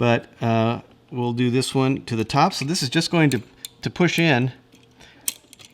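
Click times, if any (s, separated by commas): 5.3 s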